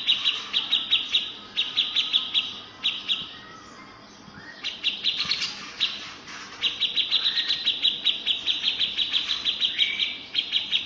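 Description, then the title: Grey-cheeked bulbul producing rapid chattering rattles in repeated bursts, interrupted by a quieter gap and a few harsher squawked notes. "Cucak Jenggot"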